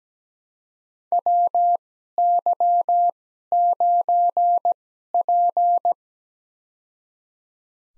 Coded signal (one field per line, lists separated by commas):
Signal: Morse code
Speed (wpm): 17 wpm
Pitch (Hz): 700 Hz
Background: none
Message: WY9P